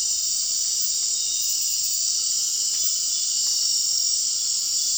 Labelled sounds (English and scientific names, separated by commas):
none